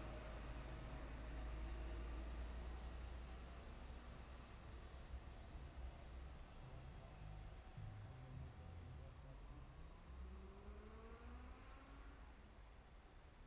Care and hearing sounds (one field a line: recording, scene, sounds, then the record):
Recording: everyday scene through a hearing-aid microphone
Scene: in traffic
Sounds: traffic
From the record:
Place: main road on the outskirts, rush hour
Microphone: behind the ear, left, front